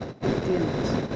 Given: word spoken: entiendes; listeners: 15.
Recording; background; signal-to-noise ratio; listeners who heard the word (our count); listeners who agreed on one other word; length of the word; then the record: one Spanish word in noise, from a listening test; noise modulated by three-talker babble; -4.5 dB; 1 of 15; 7 of 15; 0.76 s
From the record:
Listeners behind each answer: 7, 5, 1, 1, 1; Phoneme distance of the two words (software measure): 24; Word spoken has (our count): 3 syllables, 9 phonemes, stress on syllable 2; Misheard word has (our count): 2 syllables, 7 phonemes, stress on syllable 1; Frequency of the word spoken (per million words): 7.74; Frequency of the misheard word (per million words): 20.29